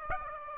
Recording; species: mosquito wingbeat signal from an infrared sensor; Aedes aegypti